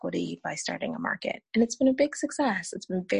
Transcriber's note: none